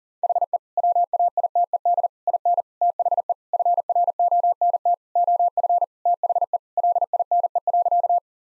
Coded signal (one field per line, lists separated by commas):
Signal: Morse code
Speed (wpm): 37 wpm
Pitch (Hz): 700 Hz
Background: none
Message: HE WAITED IN THE FRONT OF THE LINE.